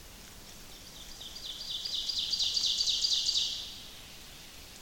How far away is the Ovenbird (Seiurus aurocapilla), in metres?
about 35 m